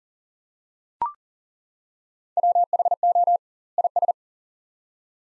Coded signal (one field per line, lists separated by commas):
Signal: Morse code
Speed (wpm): 40 wpm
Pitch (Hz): 700 Hz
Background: none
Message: WHO IS